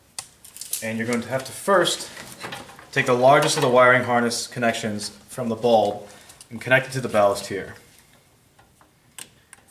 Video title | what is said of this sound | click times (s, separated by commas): DIY HID Xenon Install: Toyota Corolla 2006-2013 | Wait for the click, give it a tug, make sure it's snug. | 9.2 s, 9.5 s